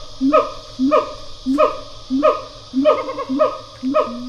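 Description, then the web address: Siamang pair call: loud barking whoops that rise then fall, repeated about every half second, with a steady faint hum underneath. Pair call of siamangs, recorded in stereo. "Sound Effects-Foundation. Animal Gibbon Siamang pair call"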